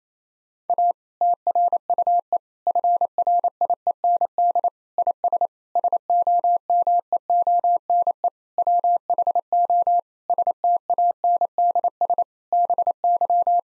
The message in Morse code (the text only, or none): A TRUE FRIEND IS SOMEONE WHO STANDS BY